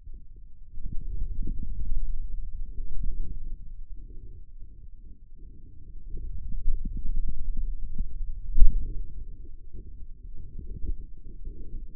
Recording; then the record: forearm muscle sounds (acoustic myography)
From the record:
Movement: hand opening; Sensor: system 2, bracelet of six BSWA MPA416 microphones around the upper forearm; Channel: 6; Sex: male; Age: 22 years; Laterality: right